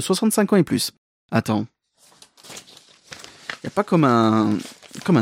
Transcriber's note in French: glisse des feuilles de papier